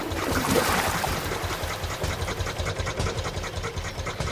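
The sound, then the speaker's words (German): A motorboat engine chugs steadily in a fast, even rhythm over a constant hiss of rushing water, fairly loud and unbroken throughout, with no voices. “Zu Lande und zu Wasser. Die selbsttätige Fahrerei ist Wirklichkeit geworden.”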